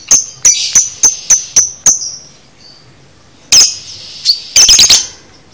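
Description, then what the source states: Lovebird calls: a quick run of sharp high chirps, a pause, then several harsh, rapid buzzy chirps in a cluster. Training recording (masteran) of lovebird konslet chatter, used to teach lovebirds to chatter.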